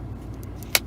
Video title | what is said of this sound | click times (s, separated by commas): LG Phone Battery Replacement!!!!!! Maybe It Wasn't The Battery At All | and just keep going around and you hear it start clicking apart you see what it looks like | 0.8 s